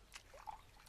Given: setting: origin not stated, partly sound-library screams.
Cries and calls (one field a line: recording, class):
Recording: one-second piece from a danger detection set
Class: normal situation